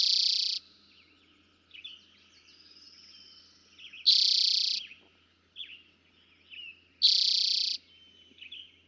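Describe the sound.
Eastern towhee delivering short buzzy trills three times, the first cut off at the start, with scattered chips and whistles from other birds.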